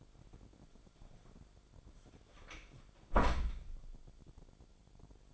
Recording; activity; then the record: daily activity, microphone in the room; close door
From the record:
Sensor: 5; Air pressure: 1007.4 hPa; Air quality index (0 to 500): 164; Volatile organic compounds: 4 ppm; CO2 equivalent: 1569 ppm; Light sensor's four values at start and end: 57/160/62/62 and 55/156/61/61